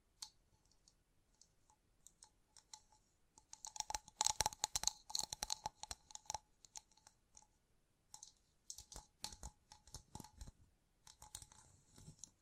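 Gem-covered fingertips tap and scratch in quick, uneven bursts of bright clicks with a crisp, crunchy edge. The busiest stretch falls between about four and six seconds, then quieter tapping returns in short clusters with gaps, thickening again near the end.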